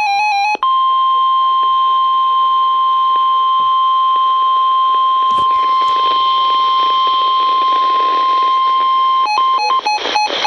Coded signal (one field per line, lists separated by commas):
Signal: Emergency Alert System (SAME) tones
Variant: 1050 Hz attention tone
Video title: Severe Thunderstorm Warning for Lancaster and York County in Pennsylvania {EAS #699} 7-28-12